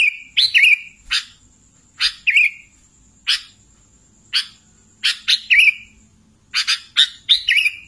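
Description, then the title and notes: Sooty-headed bulbul giving spaced chirps, some in pairs or threes, a few with a short slurred tail, over a faint steady high whine. "Kicau Burung Kutilang"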